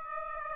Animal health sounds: mosquito wingbeat signal from an infrared sensor; Aedes aegypti

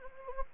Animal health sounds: mosquito wingbeat signal from an infrared sensor; Anopheles gambiae

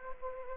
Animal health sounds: mosquito wingbeat signal from an infrared sensor; Anopheles gambiae

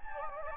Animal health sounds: mosquito wingbeat signal from an infrared sensor; Anopheles gambiae

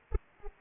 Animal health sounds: mosquito wingbeat signal from an infrared sensor; Anopheles arabiensis

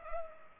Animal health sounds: mosquito wingbeat signal from an infrared sensor; Culex pipiens

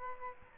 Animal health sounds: mosquito wingbeat signal from an infrared sensor; Aedes albopictus

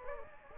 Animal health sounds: mosquito wingbeat signal from an infrared sensor; Anopheles gambiae

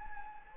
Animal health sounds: mosquito wingbeat signal from an infrared sensor; Anopheles gambiae

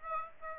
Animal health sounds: mosquito wingbeat signal from an infrared sensor; Aedes aegypti

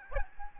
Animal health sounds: mosquito wingbeat signal from an infrared sensor; Aedes albopictus

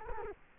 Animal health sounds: mosquito wingbeat signal from an infrared sensor; Culex quinquefasciatus

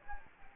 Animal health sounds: mosquito wingbeat signal from an infrared sensor; Anopheles gambiae

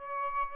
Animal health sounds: mosquito wingbeat signal from an infrared sensor; Aedes albopictus

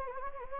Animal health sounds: mosquito wingbeat signal from an infrared sensor; Anopheles gambiae

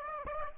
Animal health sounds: mosquito wingbeat signal from an infrared sensor; Aedes aegypti

